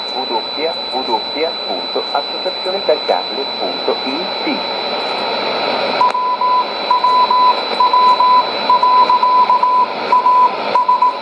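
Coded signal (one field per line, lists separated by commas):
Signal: radio time signal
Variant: ItalCable, Italian announcements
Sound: a spoken voice over static, then a 1 kHz tone keyed with short breaks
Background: radio static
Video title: 08 10 2016 Time Signal Station ItalCable in Italian 1000 on 10000 CUSB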